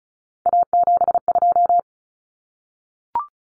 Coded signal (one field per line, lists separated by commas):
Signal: Morse code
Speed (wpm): 34 wpm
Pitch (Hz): 700 Hz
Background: none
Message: A72